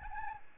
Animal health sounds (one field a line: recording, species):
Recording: mosquito wingbeat signal from an infrared sensor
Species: Aedes albopictus